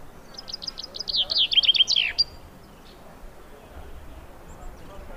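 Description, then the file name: Common chaffinch song: a fast, high trill of repeated notes that drops in pitch, ending in a quick flourish, then quiet background. "Fringilla coelebs"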